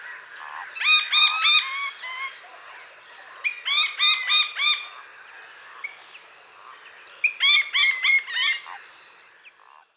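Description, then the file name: Little grebe trilling: three bursts of rapid, squeaky, whinnying notes, each run about a second long and spaced a few seconds apart. "perkozek"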